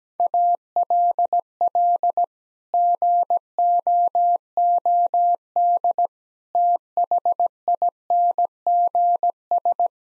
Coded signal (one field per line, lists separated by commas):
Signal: Morse code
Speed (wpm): 17 wpm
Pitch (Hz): 700 Hz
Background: none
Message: ALL GOOD THINGS